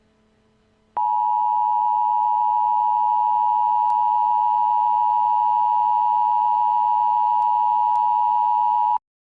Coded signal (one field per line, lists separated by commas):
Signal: Emergency Alert System (SAME) tones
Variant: 853 and 960 Hz attention tone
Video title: EAS Scenario: SCP-3812 (A Voice Behind Me) Day 1 (Warning: Uses Valid Tones.)